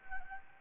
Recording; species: mosquito wingbeat signal from an infrared sensor; Anopheles gambiae